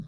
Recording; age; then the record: pig call; piglet (1 to 25 days)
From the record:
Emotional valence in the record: positive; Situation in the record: short reunion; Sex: female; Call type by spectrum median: low-frequency call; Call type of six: low-frequency tonal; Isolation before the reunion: 3 minutes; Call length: 0.08 s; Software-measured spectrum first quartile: 136 Hz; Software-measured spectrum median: 179 Hz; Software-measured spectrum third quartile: 277 Hz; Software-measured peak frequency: 172 Hz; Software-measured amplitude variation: 103 dB a second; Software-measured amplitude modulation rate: 12.5 a second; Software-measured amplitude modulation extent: 8.2 dB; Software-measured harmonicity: 11.8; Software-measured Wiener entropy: 0.36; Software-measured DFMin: 1709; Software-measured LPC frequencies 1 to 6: 3772, 5329, 6606, 7518, 8422, 9294 Hz